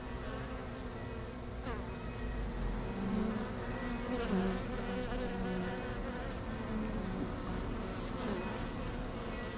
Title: Langel, Köln, Deutschland - Bienen Anfang Oktober. Bees at the beginning of October